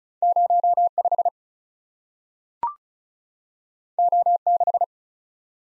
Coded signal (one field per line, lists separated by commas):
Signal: Morse code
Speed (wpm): 36 wpm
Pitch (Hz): 700 Hz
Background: none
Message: 05 O6